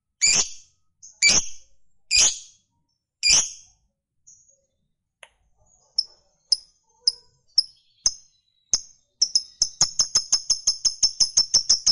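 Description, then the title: Lovebird calling: four loud harsh squawks, a quiet gap, then scattered high chirps building into a fast, steady chatter. Recording meant to make a lovebird that is reluctant to sing become eager and sing spontaneously at length, called narik. "LOVEBIRD Malas Bunyi JADI GREGET SPONTAN Langsung NARIK"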